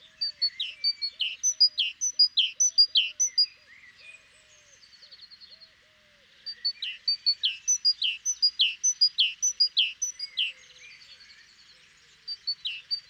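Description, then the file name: Great tit calls: rapid runs of high, sharp notes with lower downslurred chips, a pause near the middle, then the series resumes. "Parus major"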